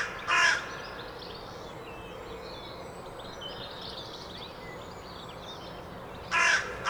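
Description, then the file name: Carrion crow giving two short, hoarse caws about six seconds apart, with thin twittering of small birds and a steady background hiss between them. "Corvus corone"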